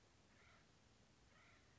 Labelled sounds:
Acorn Woodpecker
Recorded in Sonoma County, California

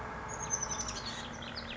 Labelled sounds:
Oak Titmouse
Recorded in Sonoma County, California

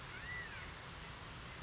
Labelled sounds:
California Quail
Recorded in Sonoma County, California

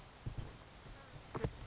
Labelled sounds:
Blue-gray Gnatcatcher
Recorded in Sonoma County, California

